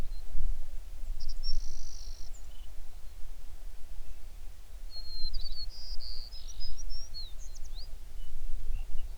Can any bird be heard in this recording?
yes